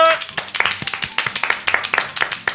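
A burst of applause from a small group welcoming a guest onto a radio program, with quick, uneven handclaps overlapping steadily at moderate loudness throughout, no voices standing out above the clapping.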